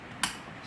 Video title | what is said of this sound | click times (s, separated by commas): Part 2 - Ford Fusion 2010 - driver's door handle | one was in the middle snap in there | 0.2 s